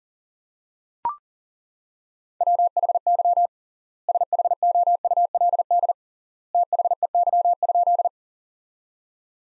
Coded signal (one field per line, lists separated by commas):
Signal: Morse code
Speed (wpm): 40 wpm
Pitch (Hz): 700 Hz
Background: none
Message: WHY SHOULD THEY?